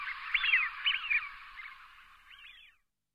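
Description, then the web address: Eurasian wigeon whistles: a few arched, rising-falling whistled notes in quick succession, then a softer final whistle before silence. "Cursus Vogelzang Smient"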